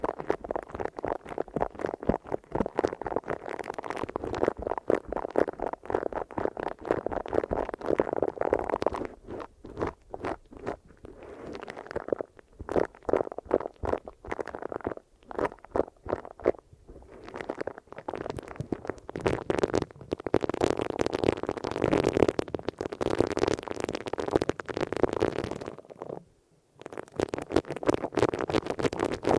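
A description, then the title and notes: Muffled rubbing and massaging, a dense, boomy rustle full of quick scratchy strokes. The rubbing thins into sparser strokes around 9 to 12 and 15 to 17 seconds, builds again, and stops briefly near 26 seconds. ASMR Ear Melting Eardrum Massage for Sleep (No Talking).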